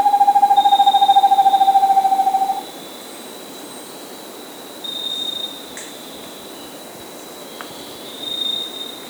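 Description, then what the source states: Vermiculated screech owl opening with a quick steady trill that stops abruptly, followed by a few faint, brief noises. South America.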